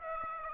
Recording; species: mosquito wingbeat signal from an infrared sensor; Aedes aegypti